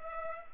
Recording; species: mosquito wingbeat signal from an infrared sensor; Culex pipiens